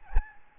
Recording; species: mosquito wingbeat signal from an infrared sensor; Aedes albopictus